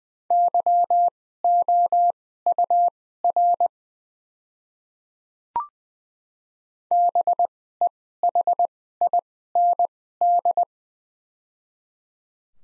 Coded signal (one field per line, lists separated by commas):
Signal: Morse code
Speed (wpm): 20 wpm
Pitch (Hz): 700 Hz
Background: none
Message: YOUR BEHIND